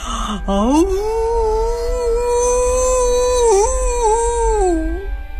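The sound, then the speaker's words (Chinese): A large wolf howls at the moon at night, one long, loud howl that swoops upward, holds a steady mournful pitch with a brief waver, then slides down at the end over a low background rumble. “大狼对着月亮开始嚎叫。”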